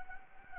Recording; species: mosquito wingbeat signal from an infrared sensor; Anopheles gambiae